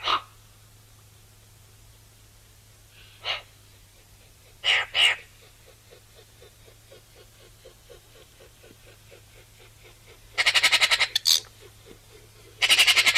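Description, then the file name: Eurasian magpie chattering, scattered harsh notes building to fast, loud rattling bursts toward the end, with a steady low hum underneath. "Pica pica"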